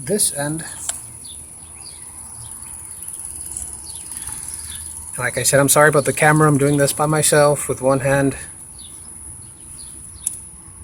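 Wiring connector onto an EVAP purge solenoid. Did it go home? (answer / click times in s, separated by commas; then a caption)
yes / 10.3 s. A plastic electrical connector is pushed one-handed onto the EVAP purge solenoid of a 2008 Saturn Outlook. Someone talks over a steady high background hiss with faint chirping. A sharp, short click at 10.3 s marks the connector seating.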